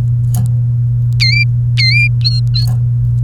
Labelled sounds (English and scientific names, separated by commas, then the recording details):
Domestic Canary (Serinus canaria) song
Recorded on 29 April 2018 at 07:45
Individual llb3